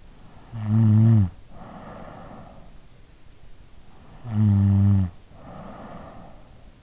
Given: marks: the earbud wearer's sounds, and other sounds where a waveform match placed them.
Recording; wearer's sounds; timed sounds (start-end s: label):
sounds in sleep by an in-ear microphone; snoring breath
0.35-2.84 s: snoring breath
4.08-6.74 s: snoring breath